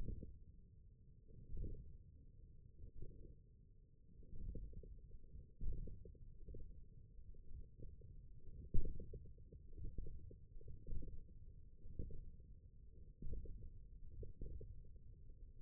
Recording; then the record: forearm muscle sounds (acoustic myography)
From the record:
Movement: radial deviation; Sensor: system 1, eight BSWA MPA416 microphones around the upper forearm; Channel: 5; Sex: male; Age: 20 years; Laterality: left